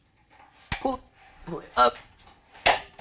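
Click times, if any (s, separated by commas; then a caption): 2.7 s. Someone talks while the support bar of a projector screen is pulled up, with its black knob pulled out, until it drops into a notch in the stand. A sharp knock at about 0.7 s precedes the loud click at 2.7 s, when the support bar seats and locks into the notch.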